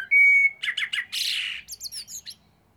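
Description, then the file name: Eurasian blackbird song phrase: a steady clear whistle, then a quick run of warbled notes and a thin, squeaky twittering finish. "Turdus merula"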